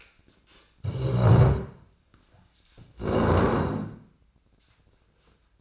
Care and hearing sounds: daily activity, microphone in the room; stand up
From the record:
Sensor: 2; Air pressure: 1012.1 hPa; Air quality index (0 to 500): 161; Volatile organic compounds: 2 ppm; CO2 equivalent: 1181 ppm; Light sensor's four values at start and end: 58/138/62/71 and 65/146/69/82

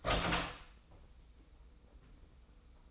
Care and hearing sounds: daily activity, microphone in the room; open door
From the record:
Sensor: 1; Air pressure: 990.5 hPa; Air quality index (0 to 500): 155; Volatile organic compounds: 1000 ppm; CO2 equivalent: 5625 ppm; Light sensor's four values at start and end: 33/75/33/35 and 33/75/32/35

